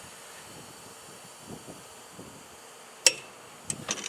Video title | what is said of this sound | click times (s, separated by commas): brake job 2002 dodge stratus | hear a click that means that it is tighten to 85 foot-pounds | 3.1 s